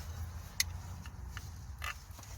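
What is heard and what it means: An engine wiring harness connector is pressed into its clip mount on the cam cover area at the back of a BMW Mini, Peugeot and Citroën Prince engine while the harnesses are secured after the cam cover refit during a cam/valve cover gasket replacement. One sharp, loud snap at 0.6 s stands out over a low rumble, followed by quieter handling clicks around 1.1, 1.4 and 1.8 s. The connector is confirmed seated.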